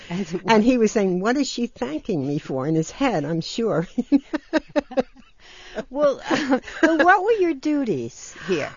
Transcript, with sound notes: And he was saying, "What is she thanking me for?" in his head, I'm sure [laughs]
Well what were your duties here?